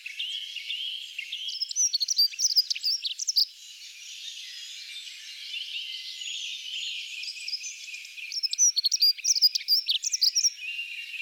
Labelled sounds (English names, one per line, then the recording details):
Dunnock song
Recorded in the wild
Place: Lilienhof / Kaiserstuhl, Baden-Württemberg, DE
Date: 2008-05-03
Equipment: MiniDisc Sharp MT 20 H
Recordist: Schwarz, Dieter
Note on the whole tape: Song